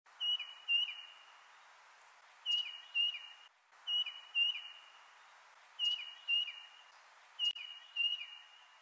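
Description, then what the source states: Tufted titmouse song, clear whistled two-note phrases repeated in bursts of two or three notes, with pauses of a second or two between bursts; a steady tone runs underneath. Song rendered as 'Peter Peter'.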